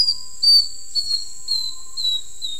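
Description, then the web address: Cinnamon neopipo song: a thin high whistled line sliding slowly downward, broken into short pulses, over a steady high insect-like whine. Ecuador. "Birds of Ecuador. Cinnamon Neopipo"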